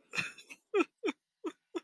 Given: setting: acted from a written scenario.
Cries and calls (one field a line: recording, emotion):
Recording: vocal sound without words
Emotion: sadness